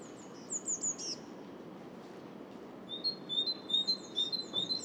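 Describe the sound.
Great tit song of quick repeated two-note phrases in the second half, preceded by a few thin, very high notes at the start.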